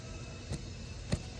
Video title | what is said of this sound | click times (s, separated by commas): Panamera Air Struts replacement with. Nitrogen 5. Fill. | there you go here's that little click | 1.1 s